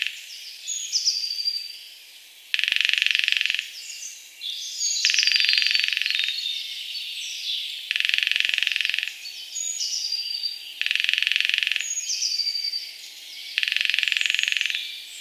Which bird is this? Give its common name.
Lesser Spotted Woodpecker